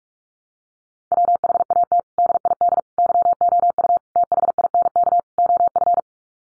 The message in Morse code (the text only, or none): WHAT DID YOU THINK OF